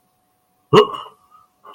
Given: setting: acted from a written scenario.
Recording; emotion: vocal sound without words; negative surprise